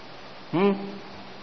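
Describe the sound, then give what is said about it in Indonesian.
A steady, even whirring hum from a very loud electric fan runs through the whole clip, drowning out the speaker's voice, with a brief voiced sound rising over it partway through. “Suara kipas ya, kenceng banget. Jadi hilang suaranya.”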